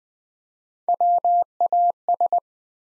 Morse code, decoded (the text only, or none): WAS